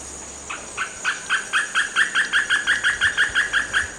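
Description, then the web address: Bamboo Foliage-gleaner delivering a rapid run of many nasal, double-toned notes that swell in volume and then hold steady, over a constant high-pitched insect drone. Ecuador. "Birds of Ecuador. Bamboo Foliage-gleaner"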